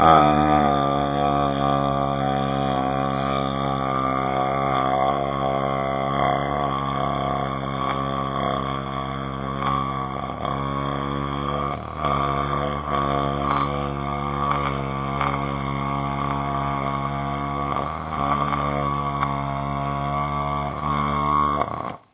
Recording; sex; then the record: sustained vowel /a/; male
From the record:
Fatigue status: no fatigue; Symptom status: asymptomatic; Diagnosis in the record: COVID-19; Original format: 3gp